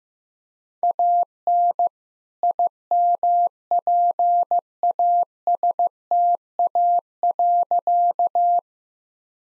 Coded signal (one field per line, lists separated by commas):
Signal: Morse code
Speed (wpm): 15 wpm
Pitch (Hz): 700 Hz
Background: none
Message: AN IMPASTA.